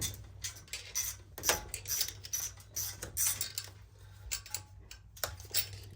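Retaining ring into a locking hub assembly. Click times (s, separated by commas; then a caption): 2.3 s, 3.6 s, 5.2 s. A split retaining ring is pushed by hand around the edge of a locking hub assembly on a 2nd-generation Explorer live axle, starting at the split at the top. Quiet metallic scraping and ticking runs throughout, with sharp clicks at 2.3, 3.6 and 5.2 seconds as different parts of the ring snap into the hub body. The ring ends up seated in the hub.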